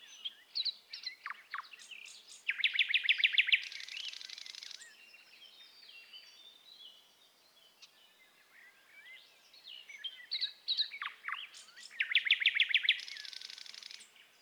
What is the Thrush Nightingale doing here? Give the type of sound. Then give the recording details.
song. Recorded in the wild. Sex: male. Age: adult. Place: Wizna, Lomzynski Park Krajobrazowy Doliny Narwi, Podlaskie Voivodeship, PL. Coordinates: 53.1844, 22.4117. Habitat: shrubland. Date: 2016-05-27 09:10. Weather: clear sky, light breeze. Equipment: Marantz PMD660 recorder, Sennheiser ME67 directional microphone. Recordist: Souriau, Abel. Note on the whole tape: Gesang eines Sprosser (spontan), Aufnahme verwendet in: Souriau, A., Reifová, R., Petrusek, A. et al. No evidence for a role of trills in male response to territorial intrusion in a complex singer, the Thrush Nightingale. J Ornithol 162, 865–878 (2021). https://doi.org/10.1007/s10336-021-01879-9